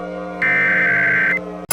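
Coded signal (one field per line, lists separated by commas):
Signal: Emergency Alert System (SAME) tones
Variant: header bursts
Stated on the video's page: Fictional EAS scenario, not a real alert.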